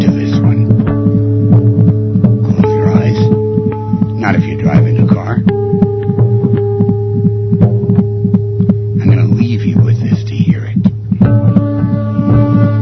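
Fast rhythmic whooshing throbs, roughly 165 a minute, under droning meditative music: the heartbeat of a baby inside a human body, in the womb.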